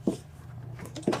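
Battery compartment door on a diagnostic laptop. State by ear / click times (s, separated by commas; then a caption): not seated / none. Handling of the plastic battery box door on a Cojali Jaltest truck kit diagnostic laptop, after the battery has been slid into the battery compartment and the door is being pushed shut. Short sharp knocks at about 0.1, 1.0 and 1.1 seconds stand out over a steady low hum. Nothing has seated or clicked yet.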